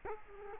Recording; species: mosquito wingbeat signal from an infrared sensor; Culex quinquefasciatus